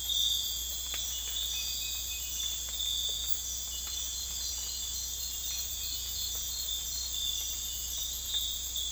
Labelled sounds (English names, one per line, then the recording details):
none
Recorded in dense forest near Puerto Asís, Putumayo, Colombia, on 21 December 2024 at 03:30
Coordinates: 0.486, -76.317
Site G003